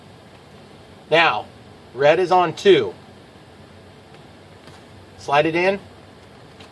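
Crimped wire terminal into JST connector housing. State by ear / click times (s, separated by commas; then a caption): not seated / none. Someone talks while sliding a crimped red wire terminal into slot 2 of a plastic JST connector housing, part of a 2S to 3S LiPo mod on a Horizon Hobby P-47D BL UMX REV2. Only faint, soft handling sounds follow the speech, and the pin has not clicked into the housing yet.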